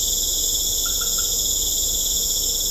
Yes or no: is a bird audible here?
no